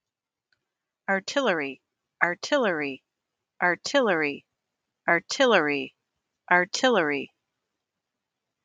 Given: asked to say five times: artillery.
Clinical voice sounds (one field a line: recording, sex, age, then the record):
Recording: repeated word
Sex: female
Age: 50 to 59 years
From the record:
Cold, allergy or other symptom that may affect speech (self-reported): no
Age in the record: 57 years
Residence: Michigan, United States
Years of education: 16